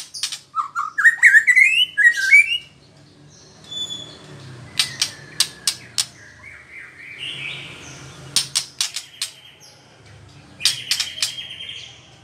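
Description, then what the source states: White-rumped shama song: an opening burst of rising whistled notes, followed by scattered sharp clicks and softer buzzy phrases. Female.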